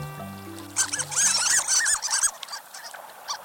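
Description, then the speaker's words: Harlequin Duck squeaks, a quick run of high, arched, mouse-like notes after brief low musical tones. Squeaks, earning the nickname sea mice. "Some, like the harlequin, squeak, earning them the nickname of sea mice."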